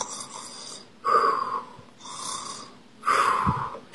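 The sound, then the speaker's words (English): A voice imitates a monster snoring: two raspy, rumbling snores alternate with airy, hissing breaths in a slow, steady rhythm, with no talking. “Then one monster starts to snore.”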